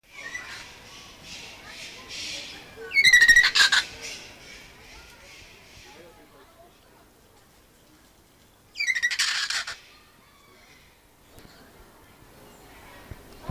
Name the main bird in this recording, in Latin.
Nestor meridionalis